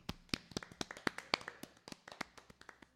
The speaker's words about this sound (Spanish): Un aplauso. Aplauso para aplauso.